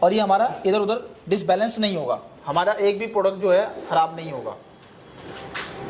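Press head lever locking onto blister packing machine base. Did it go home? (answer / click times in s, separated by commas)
yes / 5.6 s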